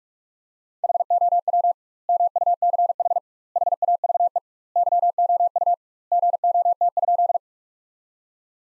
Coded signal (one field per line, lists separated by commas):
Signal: Morse code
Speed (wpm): 43 wpm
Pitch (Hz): 700 Hz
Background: none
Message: HOW MUCH HAVE YOU GOT?